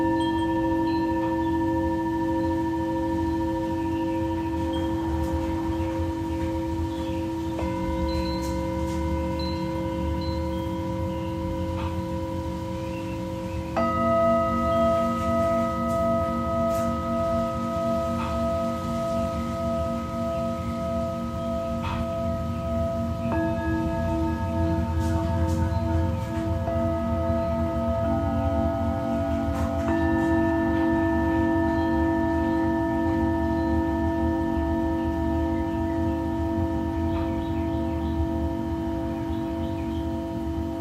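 Singing bowls ring in long, overlapping sustained tones, with new strikes at about 8, 14, 23 and 30 seconds adding fresh pitches to the steady shimmering hum. The sound is dense and even throughout, with a low, full drone beneath the brighter ringing tones.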